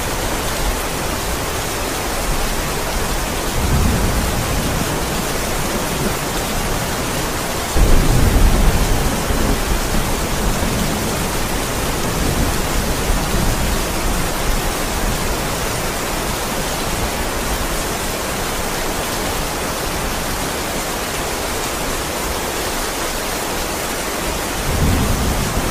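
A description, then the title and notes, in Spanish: Heavy rain in a stormy night pours down as a dense, steady hiss across the whole clip. Brief low rumbles and gusts swell around 4, 8 to 9, and 25 seconds, the one near 8 seconds the loudest, while the downpour stays unbroken beneath. Terrible Tormenta de Lluvia, Viento Potente, Pesado Trueno Sonidos en la Noche Tormentosa. Sonido De Tormentas Fuertes Con Lluvia Pesado.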